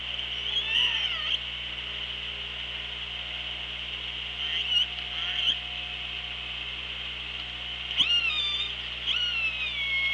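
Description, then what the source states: Orca calls: several harmonic, sweeping calls clustered near the start, middle and end, over steady underwater hiss and low hum. Recorded on the OrcaLab hydrophone, 24 August 2017, 16:17.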